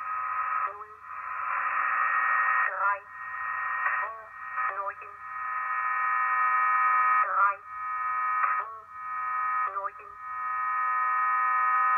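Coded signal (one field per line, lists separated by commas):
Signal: numbers station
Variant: G06, German language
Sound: a flat, synthetic-sounding voice reading words in a steady sequence over radio hiss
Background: radio static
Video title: Deutscher Zahlensender G06 WebSDR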